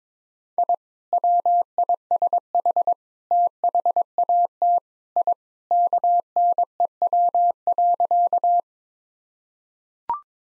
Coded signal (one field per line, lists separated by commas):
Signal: Morse code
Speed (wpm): 22 wpm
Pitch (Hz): 700 Hz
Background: none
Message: I WISH THAT I KNEW.